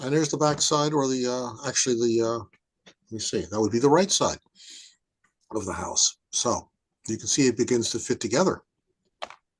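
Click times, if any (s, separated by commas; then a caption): 9.2 s. Someone talks as the scratch-built second-floor unit of a model house is set down onto the first-floor unit. A short click is heard at 9.2 s as the upper floor drops into its slots and seats in place on the first floor.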